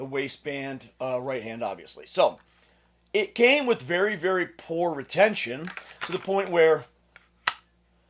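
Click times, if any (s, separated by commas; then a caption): 7.5 s. Someone talks, then a Glock 19 pistol is pushed into a cheap dual-purpose kydex holster that has been adjusted from inside-the-waistband appendix carry to outside-the-waistband right-hand carry. After a faint tick at 7.2 s, it snaps into retention with a sharp click at 7.5 s, and the pistol is seated.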